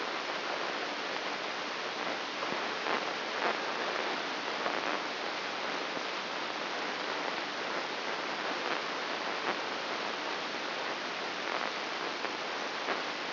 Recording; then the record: brain microelectrode recording played as sound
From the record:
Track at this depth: outside the subthalamic nucleus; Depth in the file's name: 7.26 mm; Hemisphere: left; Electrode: 3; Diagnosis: Parkinson's disease